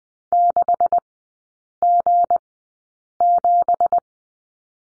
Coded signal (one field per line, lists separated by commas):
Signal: Morse code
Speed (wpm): 20 wpm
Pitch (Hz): 700 Hz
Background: none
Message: 6G7